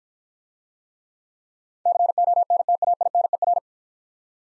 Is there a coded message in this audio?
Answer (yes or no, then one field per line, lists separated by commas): yes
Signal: Morse code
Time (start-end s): 1.9-3.6 s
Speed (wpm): 48 wpm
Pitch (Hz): 700 Hz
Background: none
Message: CONTAINER